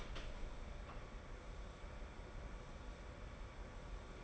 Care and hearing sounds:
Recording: daily activity, microphone in the room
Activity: open door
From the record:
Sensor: 5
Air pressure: 1015.0 hPa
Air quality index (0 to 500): 213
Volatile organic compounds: 11 ppm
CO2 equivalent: 2313 ppm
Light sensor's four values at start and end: 35/80/32/31 and 35/80/32/31

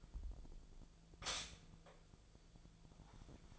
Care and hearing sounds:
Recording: daily activity, microphone in the room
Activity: stop toaster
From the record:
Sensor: 5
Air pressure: 1009.4 hPa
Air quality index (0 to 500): 168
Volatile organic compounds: 4 ppm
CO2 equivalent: 1630 ppm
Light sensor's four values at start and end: 91/242/98/104 and 91/241/98/104

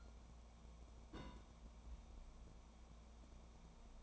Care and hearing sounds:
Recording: daily activity, microphone in the room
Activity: place on stove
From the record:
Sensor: 1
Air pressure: 1000.0 hPa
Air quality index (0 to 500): 134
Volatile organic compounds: 2 ppm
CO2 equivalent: 1267 ppm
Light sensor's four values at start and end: 44/111/47/59 and 44/111/47/59

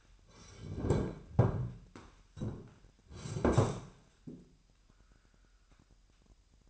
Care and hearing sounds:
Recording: daily activity, microphone in the room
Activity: sit down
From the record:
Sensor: 2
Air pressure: 998.4 hPa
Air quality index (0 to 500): 130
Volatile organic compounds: 3 ppm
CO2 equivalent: 1466 ppm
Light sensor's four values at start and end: 6/14/6/7 and 7/17/7/8

